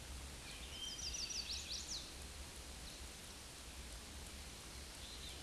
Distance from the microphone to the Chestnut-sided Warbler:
about 55 m